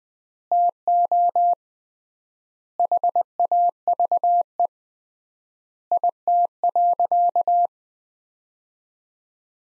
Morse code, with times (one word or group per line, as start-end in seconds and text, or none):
0.5-1.5 TO
2.8-4.7 HAVE
5.9-7.7 IT.